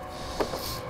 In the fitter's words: Then we'll connect our taillight to our plug, push it until it clicks, and